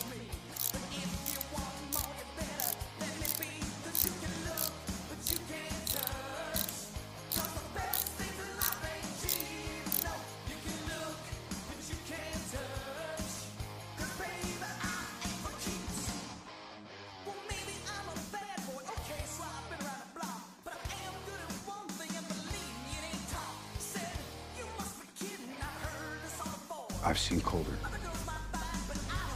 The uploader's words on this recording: Tony Stark's Lab Ambience ASMR. This audio features mechanical whirring, tinkering sounds (hammering, drillling, etc), music.